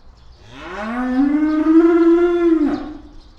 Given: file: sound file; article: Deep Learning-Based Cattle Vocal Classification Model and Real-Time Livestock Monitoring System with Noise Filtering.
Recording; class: cattle; estrus call